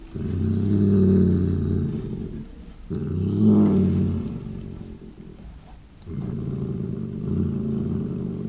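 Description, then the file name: Domestic cat growling in long, low, rumbling bursts that swell and fade, broken by short pauses, with a quieter rasping stretch in the middle. "Digiffects Sound Effects Library - Cat Growling Hissing And Spitting"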